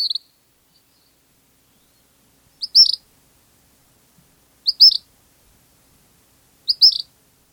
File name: Gray Kingbird